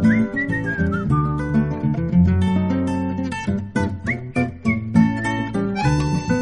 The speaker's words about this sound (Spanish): Yo silbo y contesto, chiflidito silbador, que hace, quién soy, quién soy, de corazón te lo pido.